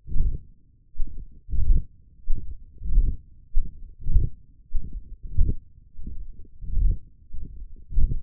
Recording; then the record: forearm muscle sounds (acoustic myography)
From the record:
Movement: hand closing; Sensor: system 1, eight BSWA MPA416 microphones around the upper forearm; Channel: 7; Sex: male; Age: 21 years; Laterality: right